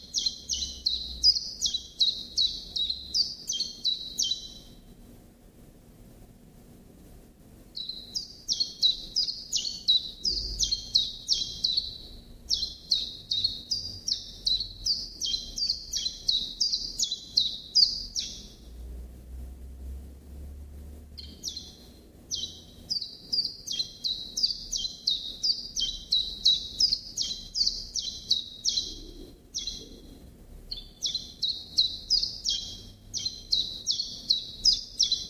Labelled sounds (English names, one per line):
Common Chiffchaff song